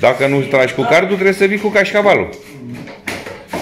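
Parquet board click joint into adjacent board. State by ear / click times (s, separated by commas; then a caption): seated / 3.1 s. Someone talks while an engineered three-layer parquet board is pressed into the click-lock edge of the neighbouring board. A sharp knock at 3.1 s marks the click joint engaging, and the board is seated.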